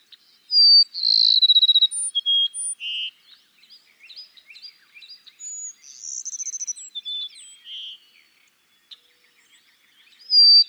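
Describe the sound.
Cassin's sparrow song with a bright trill and short whistles, given twice, with faint scratchy chirps in between and another song beginning at the end.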